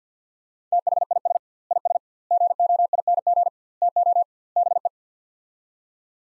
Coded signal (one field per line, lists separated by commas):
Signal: Morse code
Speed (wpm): 50 wpm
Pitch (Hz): 700 Hz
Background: none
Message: THIS IS GOING TO BE